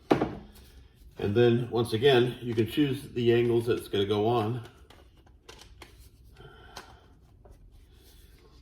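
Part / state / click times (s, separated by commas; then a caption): adjustable lock on an oscillating multi-tool head / seated / 0.1 s. The adjustable lock on the head of a Ryobi P570 oscillating multi-tool is moved up and snaps into position with a single sharp thunk at 0.1 s, locking into place. Someone then talks, followed by a few faint small knocks.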